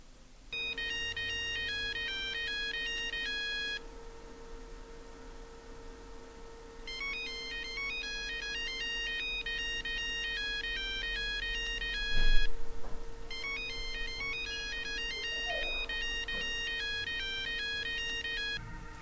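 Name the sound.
mobile phone ringtone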